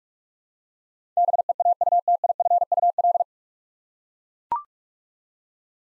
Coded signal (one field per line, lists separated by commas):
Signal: Morse code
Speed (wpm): 41 wpm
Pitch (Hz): 700 Hz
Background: none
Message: BEAUTIFUL